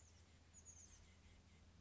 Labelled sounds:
Chestnut-backed Chickadee (Poecile rufescens)
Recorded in Sonoma County, California

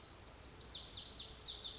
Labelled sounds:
Lazuli Bunting (Passerina amoena)
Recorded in Sonoma County, California

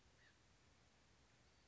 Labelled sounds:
Acorn Woodpecker (Melanerpes formicivorus)
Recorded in Sonoma County, California

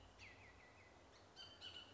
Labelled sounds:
Bullock's Oriole (Icterus bullockii)
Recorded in Sonoma County, California

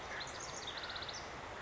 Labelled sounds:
House Wren (Troglodytes aedon)
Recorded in Sonoma County, California

